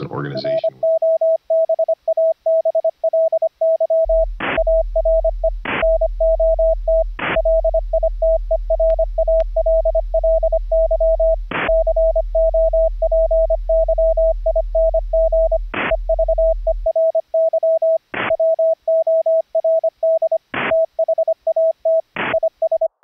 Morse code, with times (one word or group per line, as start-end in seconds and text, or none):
0.5-4.2 NOBABLY
4.6-5.5 ARE
5.8-7.0 NOT
7.4-11.3 LITERALLY
11.7-15.6 COPYING
15.9-18.0 EVERY
18.3-20.4 WORD
20.7-22.0 THAT
22.3-22.9 IS